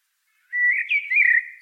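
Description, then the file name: Common blackbird song: a single short, rich whistled phrase that starts level, rises slightly and wavers before fading. "Turdus merula"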